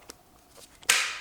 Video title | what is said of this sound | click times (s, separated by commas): Why Makita Electric power Tools are Professionals Choice? | oh now there's a click when I press that these small things what | 0.9 s